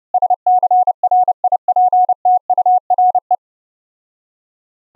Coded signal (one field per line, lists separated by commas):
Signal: Morse code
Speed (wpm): 31 wpm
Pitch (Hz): 730 Hz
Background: none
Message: SCRIPTURE